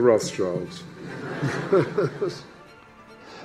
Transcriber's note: laughs